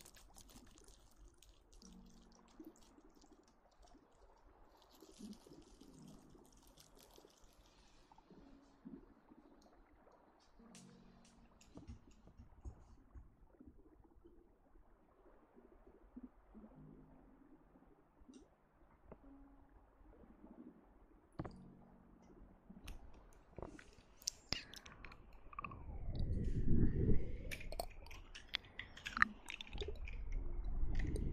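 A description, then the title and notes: Quiet hand movements and soft rubbing near the ears, with small crisp clicks and light chewing-like mouth sounds through the first twenty seconds. After about twenty-five seconds it turns much louder, with heavy, muffled rubbing and pressing, booming and low. Eat ears~Hand movements and ear massage.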